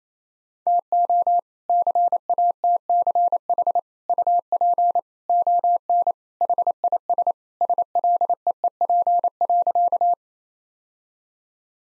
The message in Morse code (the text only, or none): TO CATCH UP ON HIS SLEEP.